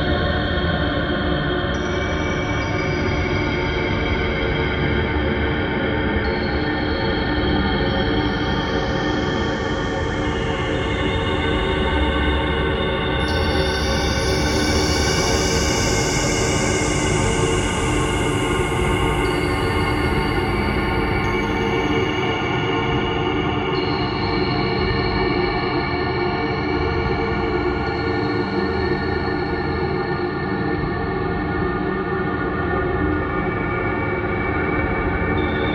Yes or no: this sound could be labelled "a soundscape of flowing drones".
yes